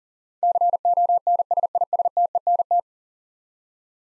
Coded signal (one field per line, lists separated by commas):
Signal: Morse code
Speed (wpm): 40 wpm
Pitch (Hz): 700 Hz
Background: none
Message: CONSISTENT